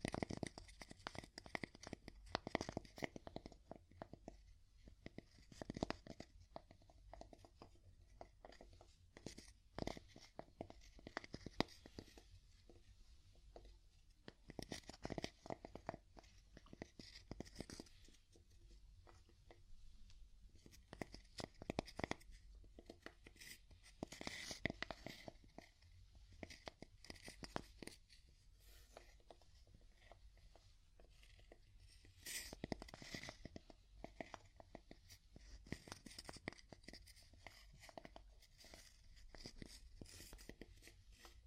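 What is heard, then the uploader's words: Wood tapping in irregular clusters of sharp, dry knocks, sometimes quick and busy, sometimes sparse with short gaps. The hits carry a papery, scraping edge at times, and a low steady hum sits underneath throughout. ASMR Calming Wood Tapping (No Talking).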